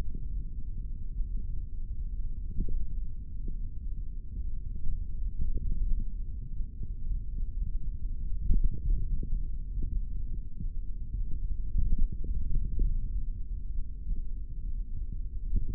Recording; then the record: forearm muscle sounds (acoustic myography)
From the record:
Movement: finger pinch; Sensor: system 3, bracelet of six PUI Audio POM-2738L microphones around the upper forearm, with dedicated amplification and filtering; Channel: 4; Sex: male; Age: 23 years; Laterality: right